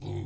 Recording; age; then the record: pig call; weaner (32 to 43 days)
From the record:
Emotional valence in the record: negative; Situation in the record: negative conditioning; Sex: female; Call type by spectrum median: low-frequency call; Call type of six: low-frequency stable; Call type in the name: low-frequency stable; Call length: 0.26 s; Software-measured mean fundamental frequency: 44 Hz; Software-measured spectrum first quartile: 110 Hz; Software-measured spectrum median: 209 Hz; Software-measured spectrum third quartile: 512 Hz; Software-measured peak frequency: 121 Hz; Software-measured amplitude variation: 132 dB a second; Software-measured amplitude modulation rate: 32.6 a second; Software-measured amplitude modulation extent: 4.1 dB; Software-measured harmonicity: -0.2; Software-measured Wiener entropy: -0.26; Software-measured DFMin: 642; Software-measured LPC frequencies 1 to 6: 272, 757, 2159, 3401, 3824, 4679 Hz